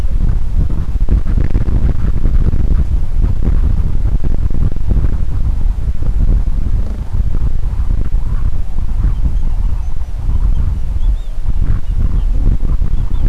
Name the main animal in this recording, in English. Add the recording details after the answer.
Gentoo Penguin. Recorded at the colony at Stromness, on 23 December 2014. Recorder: Song Meter SM2+